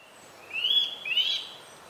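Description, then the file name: Eurasian nuthatch giving two short, rising, whistled notes close together, with faint background hiss. "Sitta europaea"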